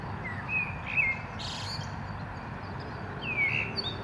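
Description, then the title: Common blackbird song: a few short warbled phrases near the start and end, with a brief high squeaky flourish, over a steady low roar of traffic. At Digue du Canal, Anderlecht, Brussels, Belgium, with car traffic; recorded with a mikroUsi Pro microphone into a Zoom F3 recorder. "Digue du Canal, Anderlecht, Bruxelles-Capitale, Belgique - Blackbird and cars"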